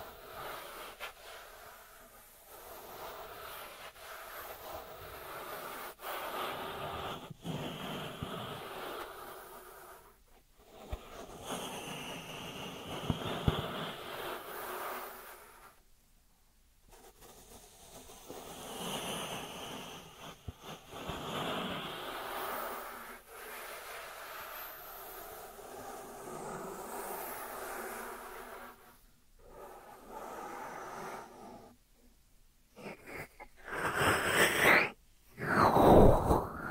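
Dry hands rub and brush against each other in soft, papery strokes that swell and fade in waves, with brief silent gaps around 10, 16 and 30 seconds. Near the end the rubbing turns louder and harsher in a few quick bursts.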